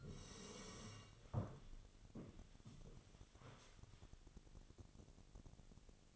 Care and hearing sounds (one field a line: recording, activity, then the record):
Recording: daily activity, microphone in the room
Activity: sit down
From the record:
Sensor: 4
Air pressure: 1001.2 hPa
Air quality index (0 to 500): 182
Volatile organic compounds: 2 ppm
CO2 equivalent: 1304 ppm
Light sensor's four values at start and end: 14/32/13/13 and 14/33/13/13